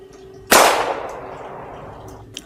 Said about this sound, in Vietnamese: Bên ngoài vang lên một tiếng hồn lớn, lại thêm một tiếng súng nữa đã vang lên.